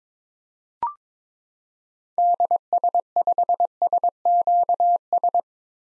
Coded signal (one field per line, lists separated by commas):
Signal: Morse code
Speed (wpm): 22 wpm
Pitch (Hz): 700 Hz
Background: none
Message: DS5SQS